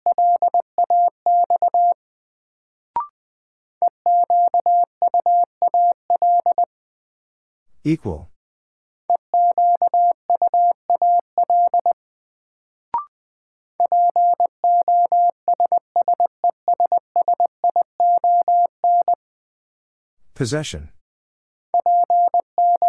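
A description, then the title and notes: A word is sent in Morse code: a steady mid-pitched tone keyed into quick dots and dashes in groups of about three seconds, with short silences between them. Brief clicks sound near 3 and 13 seconds, and rough bursts of noise near 8 and 20 seconds. New Word Drill - 20wpm. First, the word is sent in Morse code.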